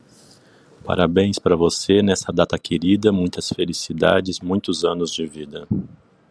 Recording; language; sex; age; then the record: short text; Brazilian Portuguese; male; 40 to 49 years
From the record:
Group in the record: control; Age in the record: 49 years